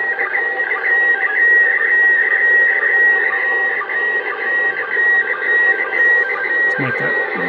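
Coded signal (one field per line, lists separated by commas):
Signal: SSTV (slow-scan television)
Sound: high steady whistle broken by quick regular warbles, over FM hiss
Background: radio static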